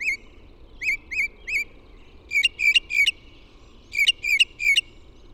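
Bird song of short, clear whistled notes near one pitch, given singly then in quick triplets, with brief pauses between phrases over a soft background hum.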